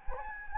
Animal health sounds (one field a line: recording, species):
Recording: mosquito wingbeat signal from an infrared sensor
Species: Anopheles gambiae